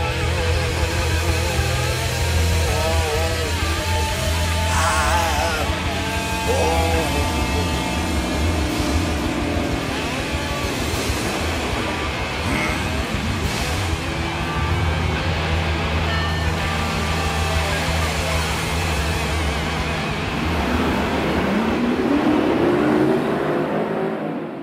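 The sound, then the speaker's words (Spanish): A truck engine rumbles loudly and steadily throughout, its low droning tone wavering, then revving up with a rising pitch near the end, with no voices. “Maneja un camión.”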